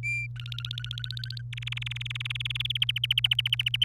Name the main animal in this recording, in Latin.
Serinus canaria